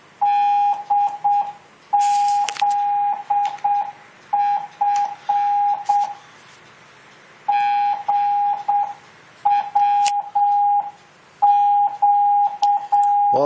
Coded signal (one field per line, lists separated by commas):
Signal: Morse code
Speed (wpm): 7 wpm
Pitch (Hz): 820 Hz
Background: radio noise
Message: DZF GWQ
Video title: N5XTC Using Just Learn Morse Code Program